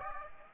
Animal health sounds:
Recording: mosquito wingbeat signal from an infrared sensor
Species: Aedes aegypti

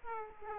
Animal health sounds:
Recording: mosquito wingbeat signal from an infrared sensor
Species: Aedes aegypti

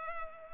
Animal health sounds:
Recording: mosquito wingbeat signal from an infrared sensor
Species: Culex pipiens

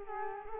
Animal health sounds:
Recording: mosquito wingbeat signal from an infrared sensor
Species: Culex quinquefasciatus

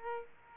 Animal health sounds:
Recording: mosquito wingbeat signal from an infrared sensor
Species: Aedes aegypti

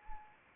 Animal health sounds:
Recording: mosquito wingbeat signal from an infrared sensor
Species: Anopheles arabiensis

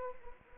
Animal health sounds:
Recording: mosquito wingbeat signal from an infrared sensor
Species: Anopheles arabiensis

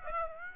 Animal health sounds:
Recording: mosquito wingbeat signal from an infrared sensor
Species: Aedes aegypti

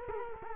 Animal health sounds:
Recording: mosquito wingbeat signal from an infrared sensor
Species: Culex quinquefasciatus

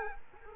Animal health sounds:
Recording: mosquito wingbeat signal from an infrared sensor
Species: Culex quinquefasciatus

